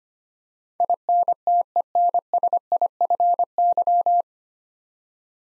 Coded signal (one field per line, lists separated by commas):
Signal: Morse code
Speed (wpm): 25 wpm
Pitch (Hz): 700 Hz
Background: none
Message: INTENSIFY